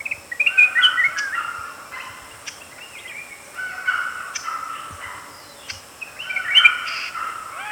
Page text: Flame-Throated Bulbul Song. Quick Sounds